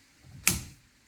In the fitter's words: see noticeable click it screams stop you're where you